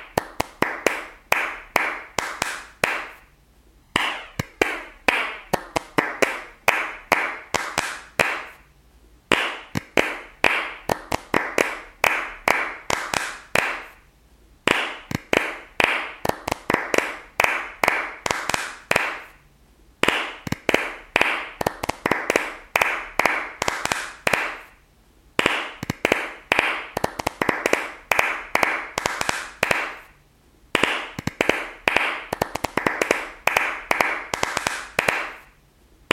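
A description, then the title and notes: A short hand-clapping rhythm repeats in bursts of about four seconds, separated by brief silences, roughly every five seconds. Each sharp clap is followed by quick echoing repeats that fade, giving a dense, ringing patter with a bright, crisp edge. Short clap study - Instant sound art. Short clapping rhythm with delay.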